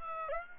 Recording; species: mosquito wingbeat signal from an infrared sensor; Aedes aegypti